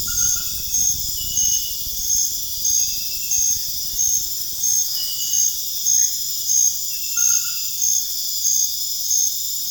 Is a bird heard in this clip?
no